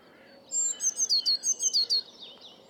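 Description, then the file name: Eurasian blue tit giving a rapid series of about nine high, sharp notes with short downward sweeps, lasting under two seconds, over faint background hiss. "Cyanistes caeruleus"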